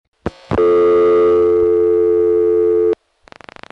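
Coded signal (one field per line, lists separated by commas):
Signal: telephone call progress tone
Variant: North America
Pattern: dial tone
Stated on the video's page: MF trunk signalling from a Nyack crossbar sector via N1 carrier from Mamaroneck NY #5 Crossbar, 1981.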